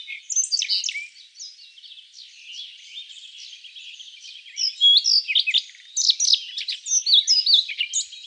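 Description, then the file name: Siberian rubythroat singing a continuous, hurried warble of mixed whistles, trills and scratchy notes, growing louder and more emphatic toward the end. "solovey krasnosheyka golos"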